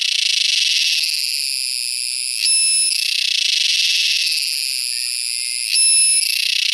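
Purana sagittata cicada song, a continuous high buzzing drone with a brief louder, purer tonal phrase about every three seconds, repeating in a steady cycle.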